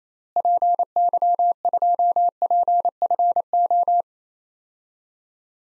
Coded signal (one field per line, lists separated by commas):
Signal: Morse code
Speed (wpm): 28 wpm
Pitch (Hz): 700 Hz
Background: none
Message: PY2PFO